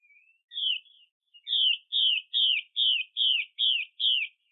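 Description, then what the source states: Chinese hwamei repeating short, clear downslurred whistles, about eight in rapid, steady succession after a soft opening note. Female bird.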